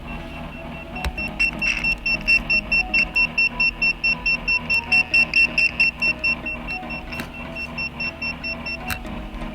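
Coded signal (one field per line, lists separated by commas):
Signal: none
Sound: tone tracer probe beeps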